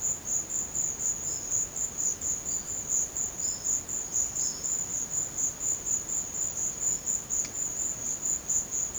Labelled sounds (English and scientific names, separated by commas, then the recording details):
none
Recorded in secondary vegetation near Puerto Asís, Putumayo, Colombia, on 30 June 2025 at 14:30
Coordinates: 0.500, -76.326
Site GP08